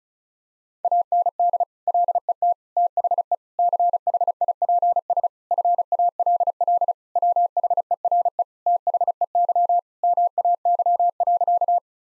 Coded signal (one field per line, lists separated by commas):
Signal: Morse code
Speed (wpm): 36 wpm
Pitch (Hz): 700 Hz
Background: none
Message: AND LET THE CHIPS FALL WHERE THEY MAY.